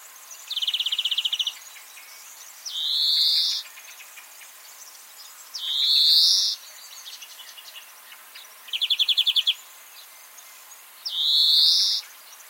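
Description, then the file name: European greenfinch giving rattling trills and drawn-out buzzy wheezes, roughly every two to three seconds, two trills and three wheezes in all. "Chloris chloris"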